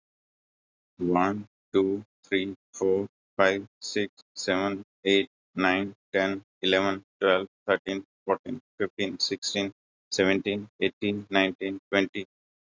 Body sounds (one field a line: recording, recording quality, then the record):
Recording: counting at a normal pace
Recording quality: excellent, no background noise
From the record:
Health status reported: healthy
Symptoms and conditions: none ticked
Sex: male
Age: 57 years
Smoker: not ticked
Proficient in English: yes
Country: India